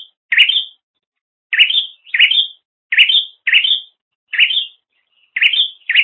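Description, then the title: Bird utters bright rising chirps, often in pairs, separated by short silences, nothing else audible. "kikicau"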